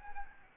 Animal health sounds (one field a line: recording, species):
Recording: mosquito wingbeat signal from an infrared sensor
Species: Aedes albopictus